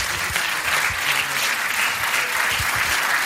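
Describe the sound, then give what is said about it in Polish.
Steady audience applause for the jury members being invited up, a dense wash of many hands clapping at an even, sustained loudness for a few seconds with no voices rising above it. “Oklaski.”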